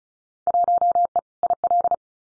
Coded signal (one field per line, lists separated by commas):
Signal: Morse code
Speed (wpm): 34 wpm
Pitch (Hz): 700 Hz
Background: none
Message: 1E IL